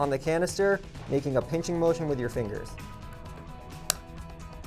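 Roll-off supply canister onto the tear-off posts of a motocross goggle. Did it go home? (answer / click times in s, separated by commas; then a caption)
yes / 3.9 s. Someone talks while pushing the roll-off supply canister onto the tear-off posts of a Scott Prospect motocross goggle, using a pinching motion that presses down on the red tab and up on the canister. A sharp click at 3.9 s marks the canister seating onto the posts.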